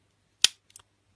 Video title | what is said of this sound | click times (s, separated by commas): Alarme Incendie - DM FINSECUR NEMO C - Probleme mecanique | Vous avez entendu le petit clic? Tout à l'heure on n'entendait pas. | 0.4 s